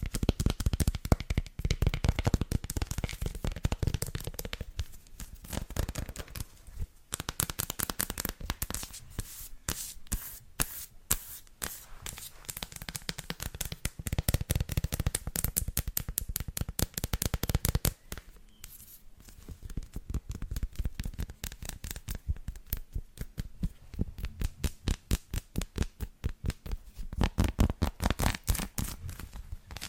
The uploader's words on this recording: ASMR - TAPPING and SCRATCHING on CHOCOLATE (textured).